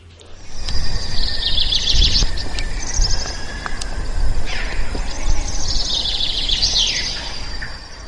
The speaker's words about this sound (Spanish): No me dirás que ha sido tan indiscreto de grabar a las propias ranas copulando